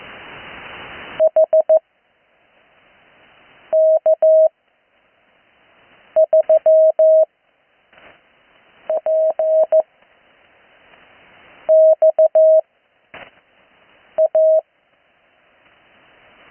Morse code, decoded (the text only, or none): HK3PXA